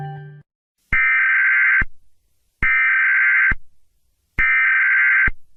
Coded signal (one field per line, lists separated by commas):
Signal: Emergency Alert System (SAME) tones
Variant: header bursts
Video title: North American EAS Alarm